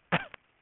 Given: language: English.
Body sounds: throat vibration sensor signal played as sound; cough

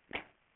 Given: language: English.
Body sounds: throat vibration sensor signal played as sound; cough

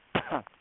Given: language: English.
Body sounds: throat vibration sensor signal played as sound; cough

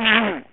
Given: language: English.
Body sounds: throat vibration sensor signal played as sound; throat clearing

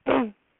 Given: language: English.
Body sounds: throat vibration sensor signal played as sound; throat clearing

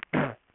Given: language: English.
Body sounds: throat vibration sensor signal played as sound; throat clearing

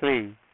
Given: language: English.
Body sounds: throat vibration sensor signal played as sound; speech

